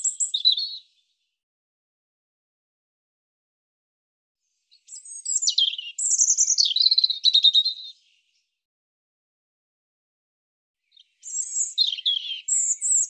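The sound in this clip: European robin song: high, thin, varied warbling phrases with sweet whistles and quick trills, given in three bursts separated by silent pauses of several seconds.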